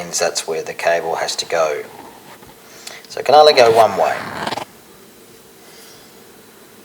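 Someone talks while lining up a hard drive's SATA cable connector with the header on a Dahua CCTV recorder board, turning it to the only way it fits. Speech fills most of the clip, followed by a quiet stretch with no impacts. Nothing has seated or clicked yet.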